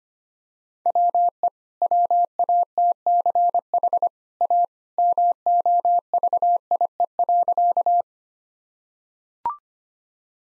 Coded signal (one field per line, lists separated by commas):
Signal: Morse code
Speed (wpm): 25 wpm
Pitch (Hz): 700 Hz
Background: none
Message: WE WATCH A MOVIE.